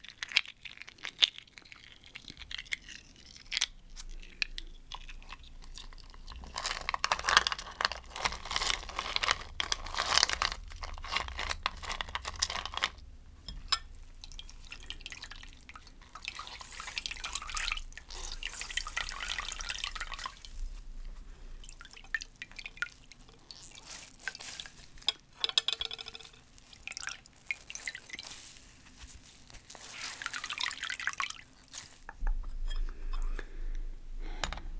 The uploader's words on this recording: ASMR The Winter Elements (ice, water, and snow sounds).